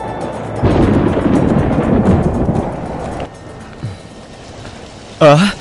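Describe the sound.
A steady, dense roar of heavy rain with deep rumbling thunder beneath it, in rocky hills, runs for a few seconds, then eases to a softer wash before a brief voice cuts in at the end.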